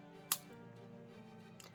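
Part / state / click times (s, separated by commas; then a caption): plastic ratchet joint of an action figure / seated / 0.3 s. A plastic action figure's ratcheting joint is moved back toward its neutral position and snaps into its detent with a sharp click at 0.3 s, restoring the figure to its standard pose. A fainter tick follows at 1.6 s over steady background music.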